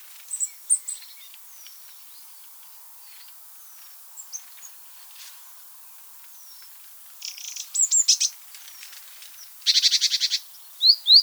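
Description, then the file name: Eurasian wren with scattered thin high chirps at first, then loud grating churr bursts and a sharp double note near the end. "Troglodytes troglodytes"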